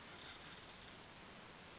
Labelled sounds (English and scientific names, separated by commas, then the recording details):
Western Flycatcher (Empidonax difficilis)
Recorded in Sonoma County, California